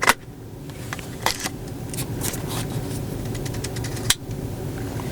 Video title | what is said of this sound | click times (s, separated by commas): DAY 0: Unboxing with the LA-EA5 and some Minolta A9iii aka the Sony A9iii Lore PT2 | Nice clicky sound, of course. | 4.1 s